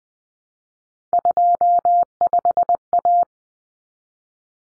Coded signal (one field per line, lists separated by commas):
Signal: Morse code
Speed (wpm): 20 wpm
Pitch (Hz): 700 Hz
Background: none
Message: 25A